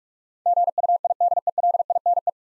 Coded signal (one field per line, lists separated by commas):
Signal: Morse code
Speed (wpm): 42 wpm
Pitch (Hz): 700 Hz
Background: none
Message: GUIDELINE